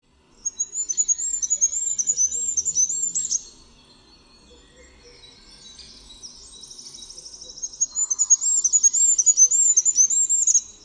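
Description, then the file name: Goldcrest song: two phrases of very high, thin, rapidly repeated notes, each ending in a quick twittered flourish, separated by a few seconds of faint high tones. "MYSIKROLIK"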